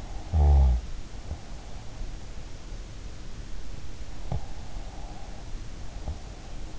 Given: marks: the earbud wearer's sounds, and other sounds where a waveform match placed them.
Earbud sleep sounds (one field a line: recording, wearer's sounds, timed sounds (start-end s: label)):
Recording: sounds in sleep by an in-ear microphone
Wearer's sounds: snoring breath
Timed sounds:
0.12-2.07 s: snoring breath
4.11-6.79 s: snoring breath